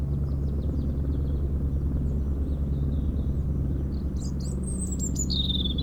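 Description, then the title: European robin singing high, thin, varied phrases, faint at first, then a clearer burst of sliding, descending whistles near the end, over a steady low helicopter rumble. Near Lac du Bourget, France, at Brison-Saint-Innocent; robin singing in a hedge during helicopter lifting for cliff works, sound echoing off Mont Corsuet; Zoom H4n Pro set vertically on the ground. "4 Chem. de la Pointe Forestier, Brison-Saint-Innocent, France - Duo rouge-gorge hélicoptère"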